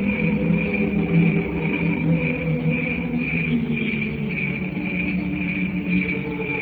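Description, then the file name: Cricket trilling in a constant throbbing pulse, backed by a deep hum and soft low tones. "canto grilli"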